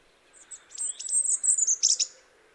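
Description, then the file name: European robin song phrase: thin, high, sweet notes tumbling and warbling, a rapid glittering run toward the end, quiet background. "Erithacus rubecula"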